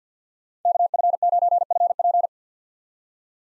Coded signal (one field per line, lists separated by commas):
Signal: Morse code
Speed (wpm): 48 wpm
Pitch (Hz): 700 Hz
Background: none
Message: KF9FP